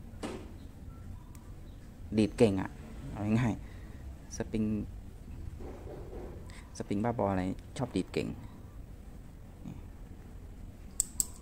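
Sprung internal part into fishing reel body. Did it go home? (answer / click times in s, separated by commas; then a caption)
yes / 11.0 s, 11.2 s. A small sprung metal part is fitted into the body of a Ryobi Adventure 120 spinning fishing reel during reassembly while someone talks. Two sharp clicks are heard at 11.0 s and 11.2 s as the part locks into its groove.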